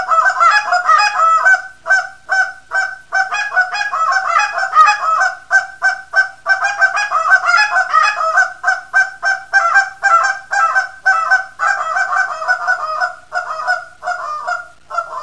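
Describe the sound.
Goose honking: many overlapping nasal honks in a near-continuous chorus, several birds calling over each other throughout.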